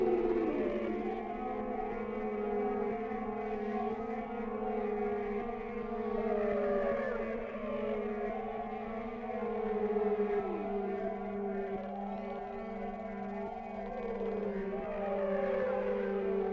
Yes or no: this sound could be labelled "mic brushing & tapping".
no